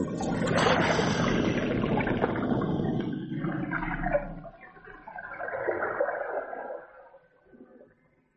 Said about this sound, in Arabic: ده كان عطشان بشكل. شوفي بيشرب ازاي. العطش وحش.